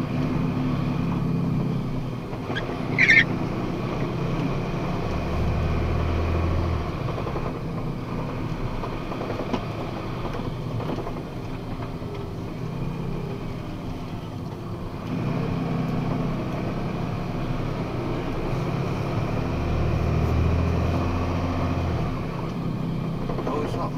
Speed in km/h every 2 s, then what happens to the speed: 25, 24, 28, 31, 38, 31, 21, 17, 22, 27, 29, 28.
0-9 speeds up to 38. 9-13 brakes to 17. 13-20 speeds up to 29.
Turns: 12-18.